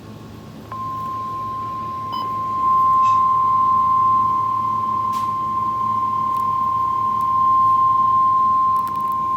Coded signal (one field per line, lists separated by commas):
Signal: Emergency Alert System (SAME) tones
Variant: 1050 Hz attention tone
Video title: Another Another Another Another Severe Thunderstorm Warning On NOAA Weather Radio